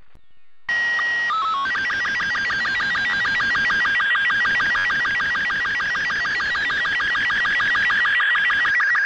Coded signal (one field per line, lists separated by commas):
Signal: SSTV (slow-scan television)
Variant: Robot 36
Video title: Portal Strange Radio Transmission Sounds